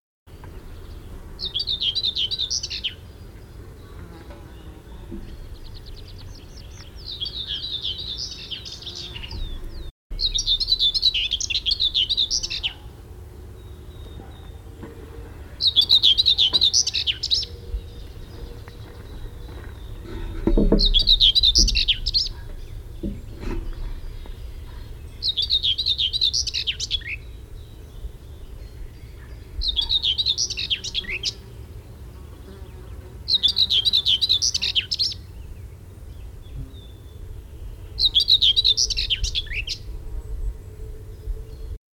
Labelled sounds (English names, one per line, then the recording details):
Common Whitethroat song
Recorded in the wild
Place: Leszno, Großpolen, PL
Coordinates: 51.842, 16.594
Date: 1987-07-15
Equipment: Nagra III BH, Sennheiser MD 21, parabola
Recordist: Schubert, Michael
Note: Gesang Dorngrasmücke